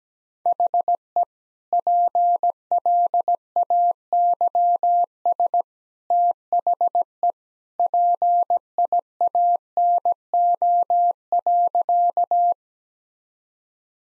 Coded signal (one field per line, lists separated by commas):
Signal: Morse code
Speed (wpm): 17 wpm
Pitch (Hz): 700 Hz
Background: none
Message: HE PLAYS THE PIANO.